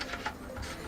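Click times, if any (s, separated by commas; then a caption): 0.0 s, 0.3 s. A detachable muzzle device or suppressor adapter is refitted onto the barrel of an Arcturus Tactical AK-12 airsoft rifle. Two short clicks are heard at 0.0 s and 0.3 s. It locks back on by itself with no play.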